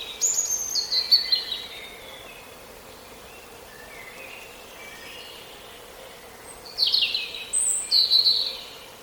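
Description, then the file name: European robin singing two separate high, thin, trickling phrases with sharp descending notes, several seconds apart, over a quiet hissing background. "Erithacus rubecula"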